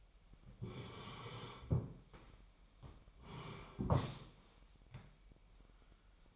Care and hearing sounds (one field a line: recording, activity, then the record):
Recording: daily activity, microphone in the room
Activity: sit down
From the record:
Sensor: 1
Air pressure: 998.6 hPa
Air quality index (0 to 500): 117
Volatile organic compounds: 3 ppm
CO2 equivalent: 1402 ppm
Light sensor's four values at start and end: 8/18/7/9 and 8/19/8/9